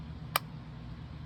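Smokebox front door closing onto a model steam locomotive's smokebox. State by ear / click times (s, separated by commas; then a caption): seated / 0.4 s. The hinged front smokebox door of a Lionel Legacy Alton Limited model steam locomotive is closed and snaps shut onto the smokebox, held by a magnet. A single sharp, bright click lands at 0.4 s over a steady low hum. The door is seated.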